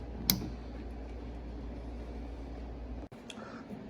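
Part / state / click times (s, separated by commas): wire terminal into connector housing / seated / 0.3 s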